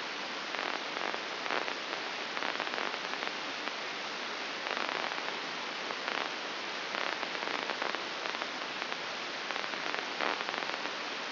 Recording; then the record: brain microelectrode recording played as sound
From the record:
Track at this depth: outside the subthalamic nucleus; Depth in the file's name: 7.26 mm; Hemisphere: left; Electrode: 2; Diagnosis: Parkinson's disease